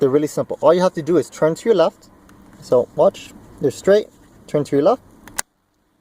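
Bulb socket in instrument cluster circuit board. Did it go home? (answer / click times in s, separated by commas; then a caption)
released / 5.4 s. A plastic twist-lock bulb socket on the back of the instrument cluster circuit board of a 2001 Toyota Camry is turned to the left while someone talks. It unlocks with a sharp click at 5.4 seconds, releasing it so it can be pulled out.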